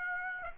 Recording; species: mosquito wingbeat signal from an infrared sensor; Aedes aegypti